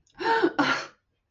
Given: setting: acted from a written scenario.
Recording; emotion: vocal sound without words; anger